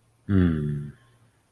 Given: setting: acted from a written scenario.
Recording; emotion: vocal sound without words; guilt